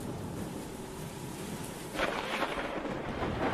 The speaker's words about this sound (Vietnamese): Trên trời sấm sét mưa gió cứ đùng đoàng vang rền cả cánh đồng.